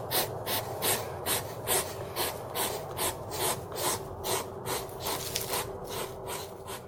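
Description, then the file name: Hedgehog snuffling and huffing in rapid, breathy, rasping puffs, repeated more than twice a second and steady throughout. Sound of a forest animal. "Zvuki lesnyh zhivotnyh - YOzh"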